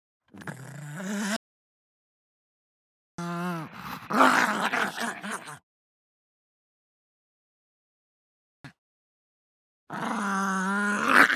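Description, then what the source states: Pug giving harsh snarls with a strained, wavering tone, in three separated bouts and one tiny sound in between. Hard snarl.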